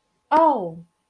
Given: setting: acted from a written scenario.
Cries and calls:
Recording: vocal sound without words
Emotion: anger

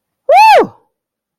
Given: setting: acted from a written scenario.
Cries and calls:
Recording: vocal sound without words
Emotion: elation

